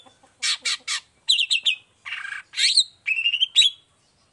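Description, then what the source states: Long-tailed shrike song of harsh rasping notes mixed with quick whistled trills and clear whistles, varied and fast. Morning singing; described as a lively, clear, highly varied song with 'toet toet' notes, offered as a model for other long-tailed shrikes to copy.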